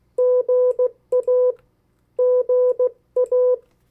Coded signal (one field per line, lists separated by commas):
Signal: Morse code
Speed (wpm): 16 wpm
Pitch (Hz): 500 Hz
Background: none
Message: GA GA